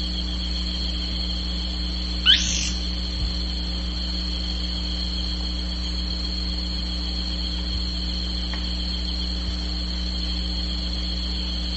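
Bird utters one quick, high swooping call near the start, then only steady hum and soft hiss for the rest.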